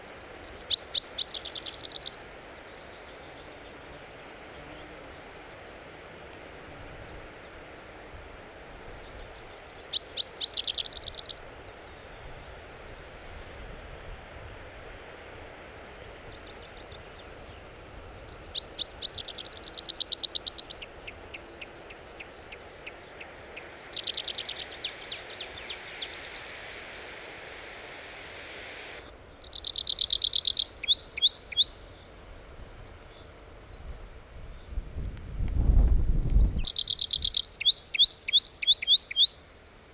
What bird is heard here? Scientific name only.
Anthus trivialis